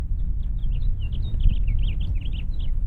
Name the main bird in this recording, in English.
House Finch